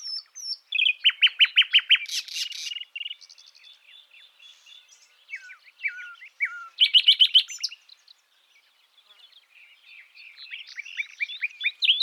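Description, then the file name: Common nightingale singing loud repeated chopped notes, buzzy bursts and sharp slurred whistles, with a brief near-silent pause before the phrases resume. "Luscinia megarhynchos"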